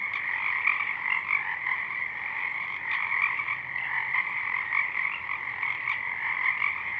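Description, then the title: Pacific chorus frogs calling in a dense, continuous chorus of overlapping raspy croaks, a steady wall of sound with no clear gaps. Many frogs calling at dusk in full chorus; double mid-side recording downmixed to stereo. "Pacific Chorus Frogs (Pseudacris regilla), dusk"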